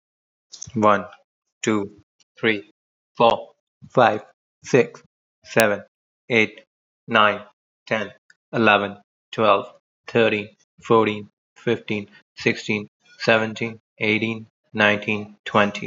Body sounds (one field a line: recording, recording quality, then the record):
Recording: counting at a normal pace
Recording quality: excellent, no background noise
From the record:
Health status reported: healthy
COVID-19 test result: not tested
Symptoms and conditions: cough, sore throat, diarrhoea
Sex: male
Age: 26 years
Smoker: not ticked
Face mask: not worn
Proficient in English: yes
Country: India